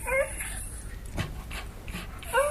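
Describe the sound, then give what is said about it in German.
A dog pants in a few quick, breathy huffs, with short high-pitched whines at the beginning and end; moderately loud, no talking. “Schlag ihn doch tot, diesen elenden Köter!”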